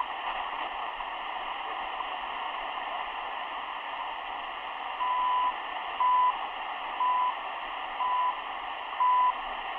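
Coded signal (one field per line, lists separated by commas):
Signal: radio time signal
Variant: CHU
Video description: Radio Estación de Señal Horaria.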